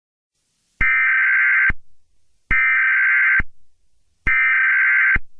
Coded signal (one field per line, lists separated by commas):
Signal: Emergency Alert System (SAME) tones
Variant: header bursts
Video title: EAS Scenario #14: Bubble Guppies